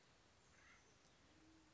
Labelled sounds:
Band-tailed Pigeon
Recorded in Sonoma County, California

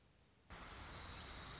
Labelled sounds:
Dark-eyed Junco
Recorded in Sonoma County, California

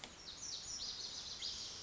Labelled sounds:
Lazuli Bunting
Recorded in Sonoma County, California

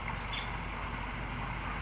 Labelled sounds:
Nuttall's Woodpecker
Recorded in Sonoma County, California

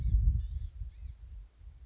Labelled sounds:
Blue-gray Gnatcatcher
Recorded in Sonoma County, California

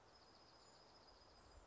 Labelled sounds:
Dark-eyed Junco
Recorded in Sonoma County, California

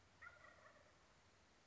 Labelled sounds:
Wild Turkey
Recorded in Sonoma County, California

